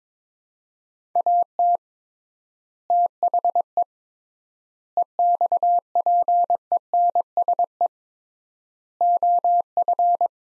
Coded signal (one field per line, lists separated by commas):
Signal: Morse code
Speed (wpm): 22 wpm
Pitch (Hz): 700 Hz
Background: none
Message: AT THE EXPENSE OF